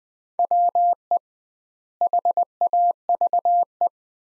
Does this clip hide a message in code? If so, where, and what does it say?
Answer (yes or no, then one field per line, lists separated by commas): yes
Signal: Morse code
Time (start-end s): 0.4-3.9 s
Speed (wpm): 20 wpm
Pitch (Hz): 700 Hz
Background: none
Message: WE HAVE